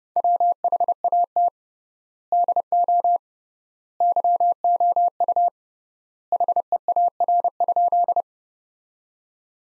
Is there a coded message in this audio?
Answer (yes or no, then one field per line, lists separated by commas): yes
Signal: Morse code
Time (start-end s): 0.2-8.2 s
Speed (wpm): 32 wpm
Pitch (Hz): 700 Hz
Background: none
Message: WHAT DO YOU HEAR?